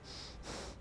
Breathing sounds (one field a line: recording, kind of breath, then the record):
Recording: one breath in and out by a microphone near the nose and mouth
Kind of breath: strong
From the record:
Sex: male